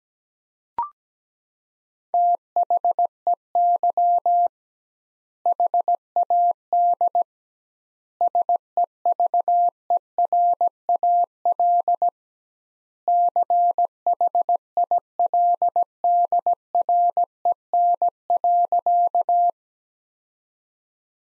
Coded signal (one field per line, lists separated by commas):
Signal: Morse code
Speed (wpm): 17 wpm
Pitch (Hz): 700 Hz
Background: none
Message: THEY HAD SEVERAL CHILDREN.